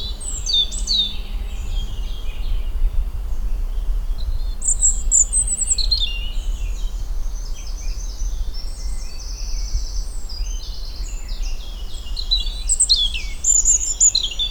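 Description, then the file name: European robin song: continuous high, thin twittering and trilled phrases throughout, with a steady low background rumble. "Erithacus rubecula"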